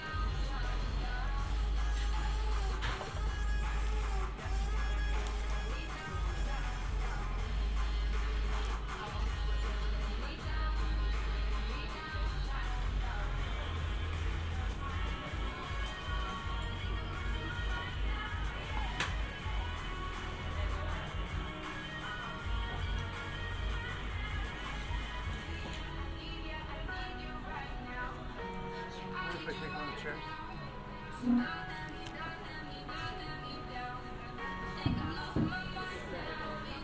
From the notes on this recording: A binaural field recording from this past June in Amsterdam